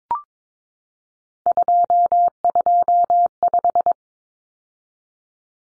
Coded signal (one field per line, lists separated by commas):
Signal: Morse code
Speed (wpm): 22 wpm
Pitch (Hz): 700 Hz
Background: none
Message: 225